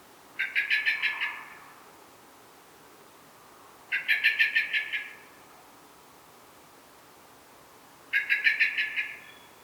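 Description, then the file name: Common blackbird producing three loud chattering rattles, each a quick run of sharp notes tailing off, repeated roughly every four seconds. "Turdus merula"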